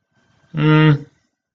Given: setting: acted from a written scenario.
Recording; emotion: vocal sound without words; neutral